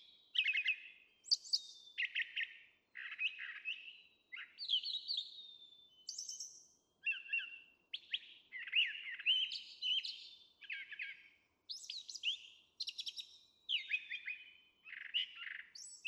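Brown Thrasher song, a long run of varied whistled and harsh phrases, high and clear with no other sounds.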